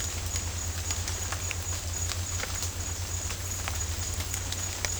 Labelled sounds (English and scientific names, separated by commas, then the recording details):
none
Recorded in dense forest near Puerto Asís, Putumayo, Colombia, on 21 December 2024 at 11:00
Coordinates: 0.466, -76.327
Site G075